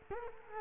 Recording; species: mosquito wingbeat signal from an infrared sensor; Culex quinquefasciatus